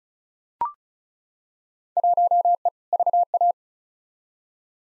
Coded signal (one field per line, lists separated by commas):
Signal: Morse code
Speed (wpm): 36 wpm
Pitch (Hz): 700 Hz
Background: none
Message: 1E VA